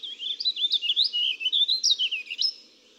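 Warbling vireo song: one continuous run of rapid, burry, up-and-down warbled notes lasting about two and a half seconds.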